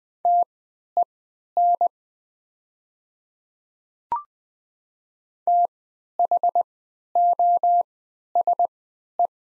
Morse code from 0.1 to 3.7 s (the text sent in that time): TEN